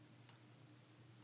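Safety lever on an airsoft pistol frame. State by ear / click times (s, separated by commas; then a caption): not seated / none. The safety lever on the frame of a black plastic Colt 1911 airsoft pistol is handled as it is about to be pushed down to put the gun on safe. Only a steady low hum and faint broadband noise are heard, with no distinct click. Nothing has clicked or seated yet.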